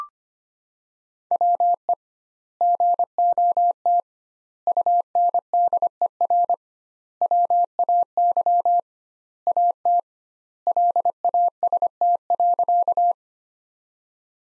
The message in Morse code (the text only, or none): WE GOT UNDER WAY AT LAST.